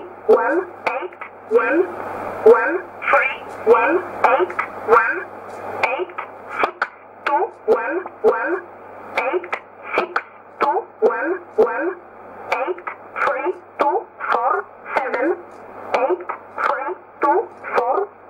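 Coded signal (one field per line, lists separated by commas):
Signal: numbers station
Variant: E11 (Oblique)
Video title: 03 03 2015 Numbers station E11 1304 on 15632 USB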